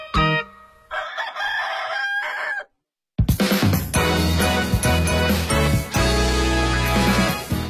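A rooster lets out a long, drawn-out crow with bright harmonic tones, followed by a short silence before loud, full-bodied music kicks in.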